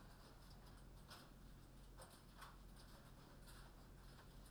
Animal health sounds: poultry house recording; no chicken sound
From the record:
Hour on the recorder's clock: 22

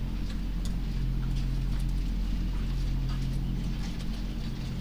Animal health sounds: poultry house recording; sick chickens (respiratory disease)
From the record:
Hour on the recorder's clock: 1

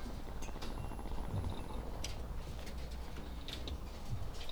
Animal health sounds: poultry house recording; sick chickens (respiratory disease)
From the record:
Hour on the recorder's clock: 16

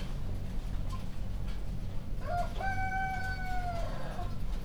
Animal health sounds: poultry house recording; healthy chickens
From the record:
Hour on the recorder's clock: 1

